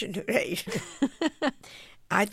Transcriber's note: laughter